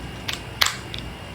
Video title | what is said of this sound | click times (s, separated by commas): CONCEALABLE DEFENSE AIRGUN - .61 Cal | Check that out. You can hear it snaps in. | 0.6 s